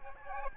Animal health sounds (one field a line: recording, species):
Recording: mosquito wingbeat signal from an infrared sensor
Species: Aedes albopictus